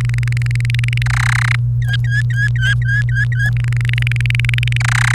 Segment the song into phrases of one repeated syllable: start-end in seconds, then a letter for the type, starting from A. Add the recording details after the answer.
0.01-1.02 A, 1.06-1.55 B, 1.82-3.50 C, 3.57-4.77 A, 4.80-5.15 B. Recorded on 28 April 2018 at 06:22. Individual llb3